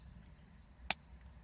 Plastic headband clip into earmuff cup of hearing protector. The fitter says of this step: the little clip thing snap